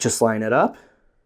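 Someone talks while lining up the two plastic halves of a Star Wars Micro Galaxy Squadron B-Wing micro toy starfighter by the groove, with the cannons facing forward, to fit the cockpit/wing section into its body. Nothing has seated or clicked yet; the clip ends just before the part goes home.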